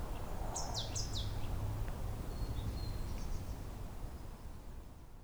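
Great tit calls: a quick run of a few high, downslurred notes near the start, then a few faint thin notes, over a steady low rumble throughout.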